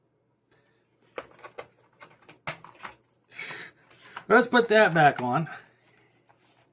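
A plastic attachment piece that was left off while fitting a replacement head strap to an Oculus Quest VR headset is handled and brought back to the headset, giving a few short plastic taps and knocks between about 1.2 and 2.9 s. Someone then talks. Nothing has seated or snapped into place yet.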